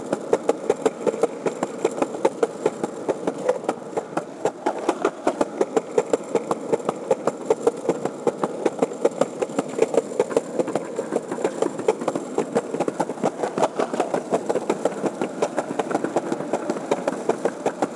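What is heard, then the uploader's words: A skateboard rolls steadily over rough pavement, its wheels giving a constant gritty rumble peppered with dense, rapid clicks from cracks and pebbles. The sound stays even for the whole stretch, with no pushes, pops or pauses standing out. So, I grabbed my board and started skating. The sound of the roads and sidewalks get gravelly at times.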